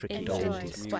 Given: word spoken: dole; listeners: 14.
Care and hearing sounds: one English word in noise, from a listening test; four-talker babble; -1.8 dB; 0 of 14; 6 of 14; 0.60 s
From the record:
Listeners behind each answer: 6, 1, 1, 1, 1, 1, 1, 1, 1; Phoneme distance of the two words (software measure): 44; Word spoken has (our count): 1 syllable, 3 phonemes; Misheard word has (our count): 2 syllables, 5 phonemes, stress on syllable 1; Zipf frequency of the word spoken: 3.57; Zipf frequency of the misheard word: 4.51

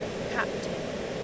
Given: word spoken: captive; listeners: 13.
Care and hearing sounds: one English word in noise, from a listening test; speech-shaped noise; -4.4 dB; 3 of 13; 9 of 13; 0.84 s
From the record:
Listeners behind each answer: 9, 3, 1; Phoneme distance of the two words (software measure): 10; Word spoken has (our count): 2 syllables, 6 phonemes, stress on syllable 1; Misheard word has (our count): 2 syllables, 6 phonemes, stress on syllable 1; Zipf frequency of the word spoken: 3.40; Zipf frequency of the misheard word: 4.85

